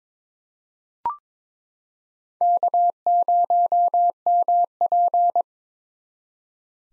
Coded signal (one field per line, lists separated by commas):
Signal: Morse code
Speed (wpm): 22 wpm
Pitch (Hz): 700 Hz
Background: none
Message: K0MP